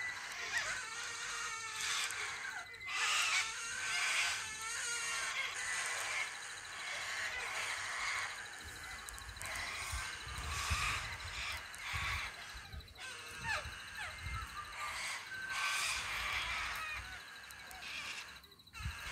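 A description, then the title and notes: A bird calls loudly and almost without pause, its rapid, varied chirps and harsh squawks crowding the upper range from start to finish. Low rumbles, like passing traffic or handling noise, come and go underneath, strongest around the ten-second mark. Crazy bird going off. They were being nosiy birds.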